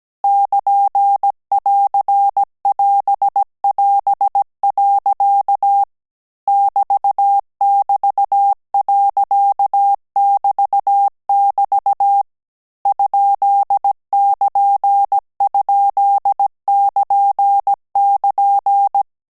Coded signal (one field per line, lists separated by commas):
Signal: Morse code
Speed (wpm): 17 wpm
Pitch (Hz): 800 Hz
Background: none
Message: <KN><AR><AS><AS>. <BT><BT>.<BT><BT> ?<KN>?<KN><KN>